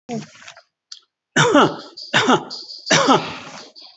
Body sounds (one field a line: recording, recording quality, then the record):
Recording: shallow voluntary cough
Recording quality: excellent, no background noise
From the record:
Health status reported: COVID-19 positive, moderate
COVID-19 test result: positive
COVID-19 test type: RT-PCR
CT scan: not taken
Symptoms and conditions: cough, fatigue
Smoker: no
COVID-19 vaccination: none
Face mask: not worn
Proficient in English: no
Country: India